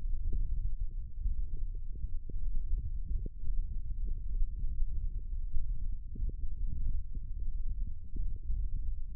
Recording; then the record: forearm muscle sounds (acoustic myography)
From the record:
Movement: thumb flexion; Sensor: system 1, eight BSWA MPA416 microphones around the upper forearm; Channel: 6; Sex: male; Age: 21 years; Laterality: right